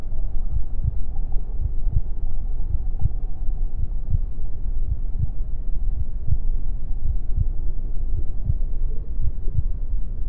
Heartbeat Sound | A Mother's Womb. The gentle thumping of my mother's heartbeat serves as the main focus, a steady rhythm that reverberates through the fluid-filled space. The world beyond the protective barrier of the womb is muffled and distant.